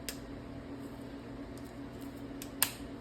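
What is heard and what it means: Clip-on parts are pressed onto an embroidery machine so they stay secure while it embroiders, with a steady low hum underneath. A faint tick comes at about 0.1 s and another at 2.4 s, then a sharp, loud snap at 2.6 s as a part clicks into place. The part is seated and secure.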